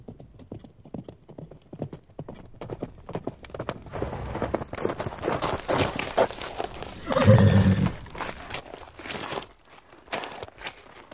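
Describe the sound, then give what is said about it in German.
A messenger's sweat-soaked horse gallops into a Prussian army camp at midday with a rapid, steady clip-clop of hooves, then lets out a loud, harmonic whinny partway through before the hoofbeats carry on. “Es ist bereits Mittag, als ein Bote auf schweißnassem Pferd in das Lager galoppiert.”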